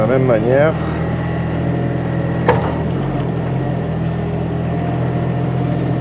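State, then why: Seated. A mini-excavator's quick coupler engages the mounting pins of a hydraulic breaker over the steady drone of the running engine while someone talks briefly at the start. A single sharp metallic hit at 2.5 s marks the coupler locking, and the breaker ends up seated in the quick coupler.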